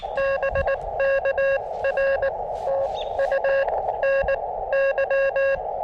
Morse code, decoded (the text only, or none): BK R TU NY